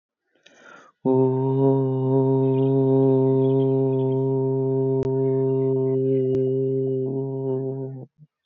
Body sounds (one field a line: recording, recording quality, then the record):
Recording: sustained vowel as in boot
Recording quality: excellent, no background noise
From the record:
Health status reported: healthy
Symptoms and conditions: none ticked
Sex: male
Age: 29 years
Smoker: not ticked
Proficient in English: yes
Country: India